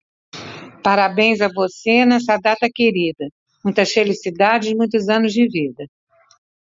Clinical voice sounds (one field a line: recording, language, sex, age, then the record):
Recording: short text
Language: Brazilian Portuguese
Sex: female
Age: 60 to 69 years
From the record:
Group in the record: control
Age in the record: 68 years